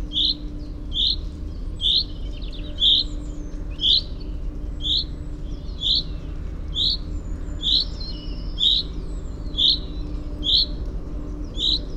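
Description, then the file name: Common chaffinch repeating a crisp, metallic call note roughly every second, about a dozen times, over a steady low drone with faint bird notes. "Fringilla coelebs"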